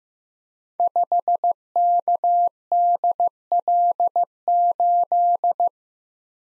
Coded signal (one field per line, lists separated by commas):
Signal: Morse code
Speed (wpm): 15 wpm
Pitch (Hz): 700 Hz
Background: none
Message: 5KDL8